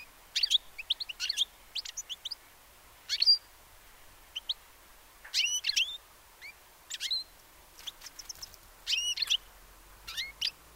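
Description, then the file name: European goldfinch calls, bright liquid twittering notes in quick clusters with short gaps, sharp rising and falling chirps spread through the recording. "Carduelis carduelis"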